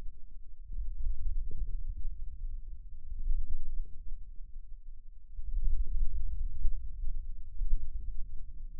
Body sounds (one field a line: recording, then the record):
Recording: forearm muscle sounds (acoustic myography)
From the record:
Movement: wrist extension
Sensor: system 2, bracelet of six BSWA MPA416 microphones around the upper forearm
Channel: 1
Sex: male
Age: 22 years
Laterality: right